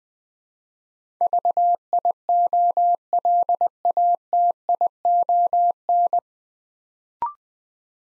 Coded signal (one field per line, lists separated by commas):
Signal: Morse code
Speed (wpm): 20 wpm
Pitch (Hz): 700 Hz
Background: none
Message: VIOLATION